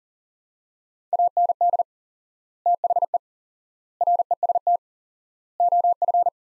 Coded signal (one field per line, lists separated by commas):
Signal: Morse code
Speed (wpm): 40 wpm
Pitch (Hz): 700 Hz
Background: none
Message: AND THE REST OF